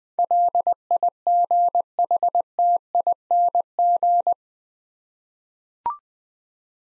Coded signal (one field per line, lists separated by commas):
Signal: Morse code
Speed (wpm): 20 wpm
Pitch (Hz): 700 Hz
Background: none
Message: LIGHTING